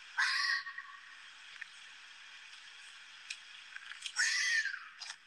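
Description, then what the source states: Fox screams, two harsh rasping shrieks half a second long, the first near the start and the second about four seconds later, separated by faint background hiss. Easily misinterpreted call, sometimes mistaken for a person screaming.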